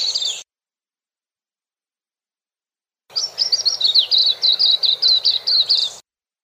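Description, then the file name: White-eye singing a quick, high-pitched warble of jumbled chirps, a brief burst then a longer three-second phrase after a pause, over faint noise. "suara kicauan burung kacamata perak. omkicau"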